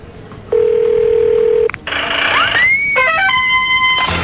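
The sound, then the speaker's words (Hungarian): A steady, loud telephone dial tone on a free line hums for about a second, then cuts to a hissing burst with rising electronic sweeps and a run of stepped, high beeping tones. “Hiszen felszabadult a vonal.”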